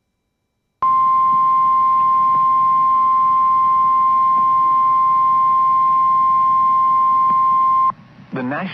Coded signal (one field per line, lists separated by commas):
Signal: Emergency Alert System (SAME) tones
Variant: 1050 Hz attention tone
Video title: WE ARE HALF WAY TO EAS #500 EAS Alerts From 4/9/21 (EAS #445-457)